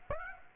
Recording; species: mosquito wingbeat signal from an infrared sensor; Aedes aegypti